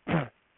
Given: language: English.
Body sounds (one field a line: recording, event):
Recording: throat vibration sensor signal played as sound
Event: throat clearing